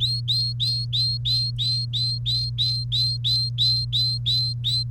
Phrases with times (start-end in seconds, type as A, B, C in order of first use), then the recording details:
0.00-4.83 A. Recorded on 1 May 2018 at 08:09. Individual llb3